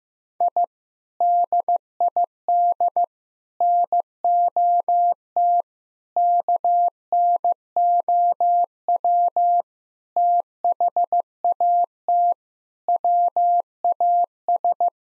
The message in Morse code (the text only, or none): I DID NOT KNOW THAT WAS